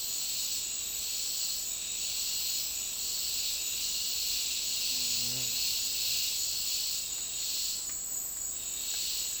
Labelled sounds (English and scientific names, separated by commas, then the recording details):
none
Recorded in dense forest near Puerto Asís, Putumayo, Colombia, on 24 March 2025 at 10:00
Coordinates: 0.499, -76.324
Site GP03